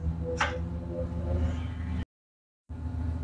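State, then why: Seated. The top piece of a lightbox display frame is fitted onto the frame skeleton and snaps into place with a sharp click at 0.4 s. Someone talks as a steady low hum continues, and the sound drops out completely from about 2.0 to 2.7 s before resuming. The piece is seated, completing the frame assembly.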